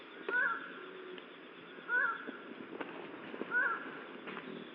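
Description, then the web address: Highland tinamou uttering three clipped nasal hoots at regular intervals of about one and a half seconds, with soft clicks and hiss behind. "Highland tinamou. صدای-پرنده-وشم-کوهسار"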